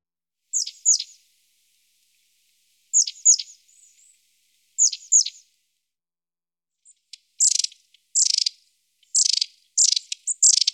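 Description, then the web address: Long-tailed tit short high chirps in pairs, followed by clustered rapid, stuttering trilled notes toward the end. "IVN Zangvogels. Staartmees"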